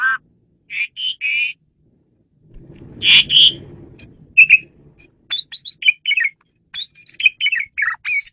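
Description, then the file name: Asian pied starling giving whistled notes, a harsh noisy burst, then a fast chattering sequence of varied chirps and slurred whistles. Female bird, used as a lure bird. "jalak suren betina pemikat"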